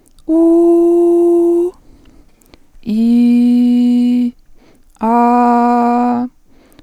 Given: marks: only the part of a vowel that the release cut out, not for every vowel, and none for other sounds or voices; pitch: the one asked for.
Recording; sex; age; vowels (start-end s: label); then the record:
sustained vowels; female; 20 to 29 years
0.47-1.56 s: vowel /u/, high pitch
3.01-4.07 s: vowel /i/, low pitch
5.28-6.10 s: vowel /a/, low pitch
From the record:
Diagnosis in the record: healthy voice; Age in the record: 20 years